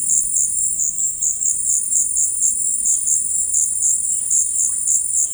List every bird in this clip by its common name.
unidentified bird, Russet-backed Oropendola